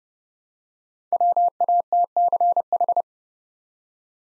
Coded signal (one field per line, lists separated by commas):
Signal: Morse code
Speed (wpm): 30 wpm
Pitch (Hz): 700 Hz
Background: none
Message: WATCH